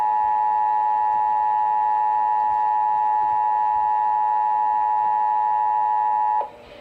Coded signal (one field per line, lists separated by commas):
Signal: Emergency Alert System (SAME) tones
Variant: 853 and 960 Hz attention tone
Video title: 2017 National EAS Test on TV, FM, and AM Radio (EAS #1,068-1,071)